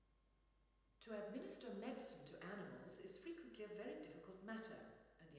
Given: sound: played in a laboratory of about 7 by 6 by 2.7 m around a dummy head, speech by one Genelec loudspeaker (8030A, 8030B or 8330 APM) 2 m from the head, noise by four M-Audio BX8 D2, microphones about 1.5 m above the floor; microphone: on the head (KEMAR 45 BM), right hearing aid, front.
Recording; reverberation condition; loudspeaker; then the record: female speech in English; high; 60 degrees to the right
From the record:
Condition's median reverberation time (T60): about 1300 ms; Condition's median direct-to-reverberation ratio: about -4.0 dB